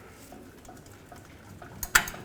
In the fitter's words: there we go push it in all the way give it a tug to ensure that it's actually locked in the spring is seated